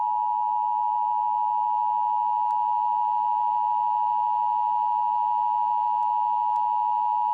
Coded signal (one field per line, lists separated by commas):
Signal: Emergency Alert System (SAME) tones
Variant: 853 and 960 Hz attention tone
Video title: EAS scenario the underlight virus *reuplouded*